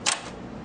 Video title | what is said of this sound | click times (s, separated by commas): Hooping a Cap | push them in until they clip it's especially important that when you do this on the cap frame | 0.1 s